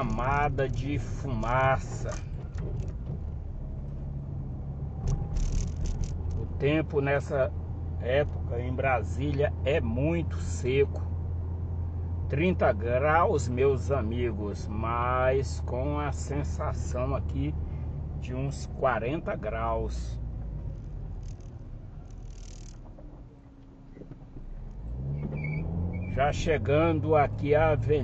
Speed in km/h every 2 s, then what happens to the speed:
16, 26, 33, 33, 34, 34, 33, 31, 29, 24, 12, 0, 10, 26.
0-4 speeds up to 33. 4-11 steady at about 33. 11-22 slows to 0. 23-28 pulls away to 26.